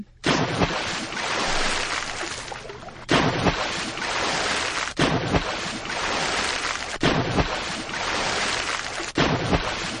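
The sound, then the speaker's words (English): A water-splashing sound effect plays on its own: loud, churning water splashes in a steady frothy rush that surges anew every few seconds, with no voices over it. “It's under Splashes.”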